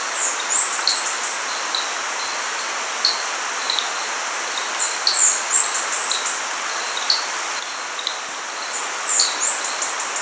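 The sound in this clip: Bird repeating a high arched note followed by a rapid series of thin notes, three times, with scattered softer chips beneath and steady background hiss.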